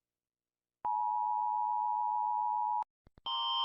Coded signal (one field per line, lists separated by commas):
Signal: Emergency Alert System (SAME) tones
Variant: 853 and 960 Hz attention tone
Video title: Rating EAS Alarms! | Gacha club | Original Trend? | 🌸 | (READ DESC)